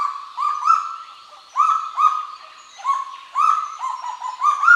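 Kagu calls: strong sustained notes at a steady pitch, coming in short bursts with brief quieter gaps between.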